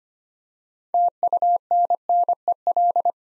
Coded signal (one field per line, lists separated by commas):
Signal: Morse code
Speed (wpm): 25 wpm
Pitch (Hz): 700 Hz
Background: none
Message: TUNNEL